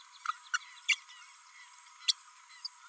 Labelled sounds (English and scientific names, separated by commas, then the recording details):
Green-rumped Parrotlet (Forpus passerinus) babbling
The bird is a female
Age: 29 days
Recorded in a nest box in Venezuela
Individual 17B32A7